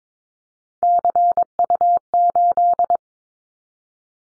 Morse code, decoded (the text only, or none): CU8